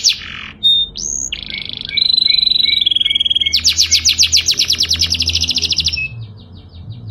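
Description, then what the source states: Canary song opening with sharp whistles and a steady warble, then breaking into a long, loud, rapidly pulsed roll lasting about three seconds. Canary singing the long rolling song style called ngerol panjang.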